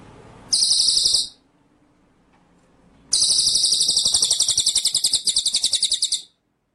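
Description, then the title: White-rumped shama producing a brief high buzzy burst, a pause, then a three-second pulsed rattle fading slightly toward its end. Masteran (training) song of white-rumped shama; full ngerol nembak style. "Masteran Murai Batu Full Ngerol Nembak"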